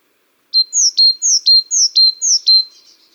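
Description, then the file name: Great tit song: several evenly spaced two-note phrases, a high downslurred whistle then a clipped lower note, fading out at the end. "Parus major"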